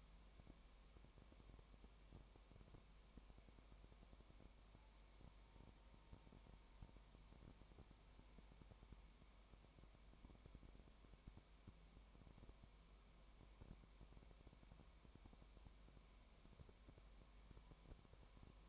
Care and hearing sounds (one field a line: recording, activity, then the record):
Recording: daily activity, microphone in the room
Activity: no activity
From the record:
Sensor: 1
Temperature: 19.1 degrees Celsius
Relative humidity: 34.0%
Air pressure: 1001.3 hPa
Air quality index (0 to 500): 82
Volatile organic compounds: 1 ppm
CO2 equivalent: 818 ppm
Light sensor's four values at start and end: 1/2/1/1 and 1/2/1/1